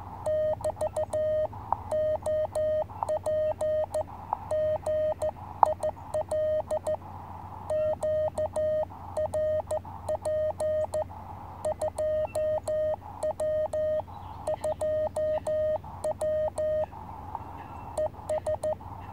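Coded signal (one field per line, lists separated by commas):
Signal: Morse code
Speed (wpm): 14 wpm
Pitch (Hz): 620 Hz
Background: none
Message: <BT> OP GIL QRP 2W 2W ES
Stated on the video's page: QRP contacts on 30m at 2 W from an ME-30 (SW+30) rig with a 17 ft QRP Guys Tri-Band vertical, operated outdoors.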